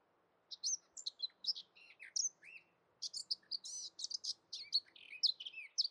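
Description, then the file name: Eurasian blackcap song, a fast run of varied chattering and warbled notes mostly high-pitched, tumbling on for several seconds against a faint background hiss. "Sylvia atricapilla"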